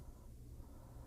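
A vinyl turntable platter is handled over the motor spindle of a Numark NS7III DJ controller, with only a steady low rumble and faint handling noise and no sharp transients. Nothing has seated or clicked yet; the platter has not locked into place.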